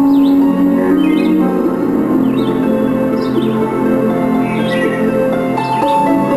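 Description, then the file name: Bird chirps: several brief falling notes against a constant drone. "canto aves"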